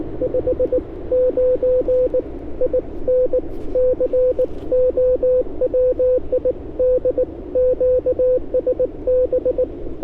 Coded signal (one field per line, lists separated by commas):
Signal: Morse code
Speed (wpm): 20 wpm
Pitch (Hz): 500 Hz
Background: radio noise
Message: 59 IN CO WI D QSB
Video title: Getting my First Ever POTA Kilo at Fort Ord Dunes State Park With an 18 WPM CW Activation